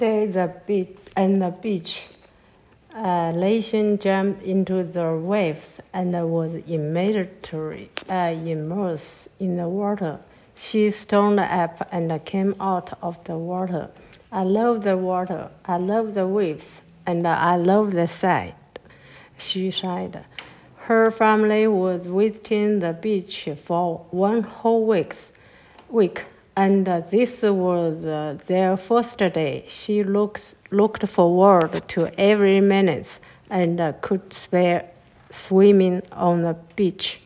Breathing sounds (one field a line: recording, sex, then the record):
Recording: reading aloud after running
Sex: female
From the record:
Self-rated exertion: light exertion (2 of 6)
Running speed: 7 miles an hour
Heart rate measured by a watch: 110 beats a minute at the start, 105 at the end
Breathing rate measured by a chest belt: 10 breaths a minute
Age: 55 years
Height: 157 cm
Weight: 48 kg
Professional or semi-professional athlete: yes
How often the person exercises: every day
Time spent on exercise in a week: over 5 hours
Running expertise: yes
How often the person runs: 3 to 5 times a week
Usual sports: running, swimming, yoga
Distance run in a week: 40 miles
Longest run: 20 miles